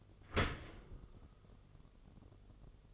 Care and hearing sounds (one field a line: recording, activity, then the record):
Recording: daily activity, microphone in the room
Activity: open dishwasher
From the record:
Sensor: 4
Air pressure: 1015.8 hPa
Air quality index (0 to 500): 112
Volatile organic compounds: 2 ppm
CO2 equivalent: 1259 ppm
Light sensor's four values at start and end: 9/19/7/7 and 8/18/7/7